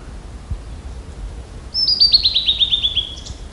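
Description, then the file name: Blue-and-white flycatcher song: a quick descending series of about ten clear slurred notes after a quiet start. "ooruri"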